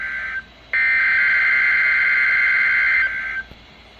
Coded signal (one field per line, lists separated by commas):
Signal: Emergency Alert System (SAME) tones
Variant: header bursts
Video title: EAS Required Weekly Test East Minnesota and West Wisconsin NOAA Weather Radio KEC65 and WNG685